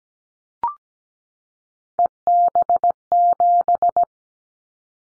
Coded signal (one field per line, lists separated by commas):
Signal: Morse code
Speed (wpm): 17 wpm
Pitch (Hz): 700 Hz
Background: none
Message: EB7